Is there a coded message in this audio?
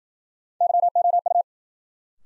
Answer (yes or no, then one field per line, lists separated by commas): yes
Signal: Morse code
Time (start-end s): 0.6-1.4 s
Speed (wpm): 56 wpm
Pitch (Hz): 700 Hz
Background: none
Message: YOU